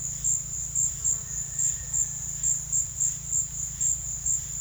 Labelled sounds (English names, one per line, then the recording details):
none
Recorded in secondary vegetation near Puerto Asís, Putumayo, Colombia, on 23 June 2025 at 13:30
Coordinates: 0.498, -76.327
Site GP09